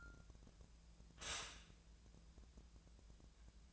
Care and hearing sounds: daily activity, microphone in the room; stop toaster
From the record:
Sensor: 2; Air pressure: 1000.0 hPa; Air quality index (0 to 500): 150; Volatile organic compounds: 2 ppm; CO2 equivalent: 1273 ppm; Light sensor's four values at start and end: 25/63/27/29 and 25/63/27/29

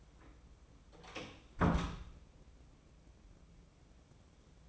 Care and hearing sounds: daily activity, microphone in the room; close door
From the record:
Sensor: 1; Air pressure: 1012.4 hPa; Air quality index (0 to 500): 166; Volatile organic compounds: 3 ppm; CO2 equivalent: 1359 ppm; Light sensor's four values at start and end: 810/1801/828/969 and 818/1817/835/976

